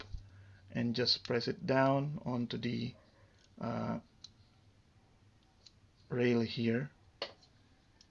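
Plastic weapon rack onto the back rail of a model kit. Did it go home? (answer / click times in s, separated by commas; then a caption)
yes / 7.2 s. A plastic weapon rack on the back of a 1/144 HG Fighting Action Gundam Heavyarms Kai EW model kit is lined up and pressed down onto a rail while someone talks. A sharp click at 7.2 s marks the rack seating, and it clicks into place very securely.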